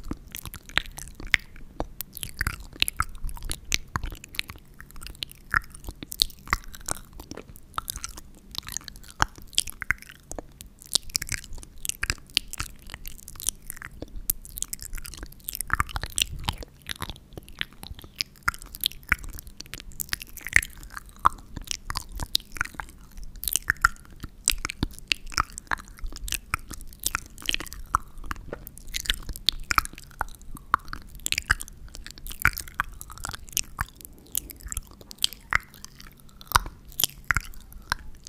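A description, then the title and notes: Wet mouth sounds fill the whole clip: rapid clicks, smacks and crunchy pops arriving in dense, irregular bursts. Soft brushing and rustling blends in underneath, with a faint low hum in the background and no pauses in the activity. XXL Mouthsounds. Mouthsounds + Spoolie, Unicorn & Knobs-Brush.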